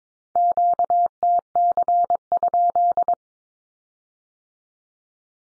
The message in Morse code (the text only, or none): QTC?